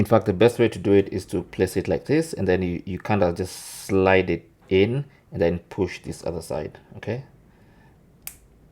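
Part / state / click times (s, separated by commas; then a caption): microSD card into phone SIM tray / seated / 8.3 s. Someone talks while sliding a microSD card into the plastic/metal SIM tray of a Redmi Note 15 Pro phone and pushing the other side down. A single sharp snap is heard at 8.3 s as the card snaps into place, seated in the tray.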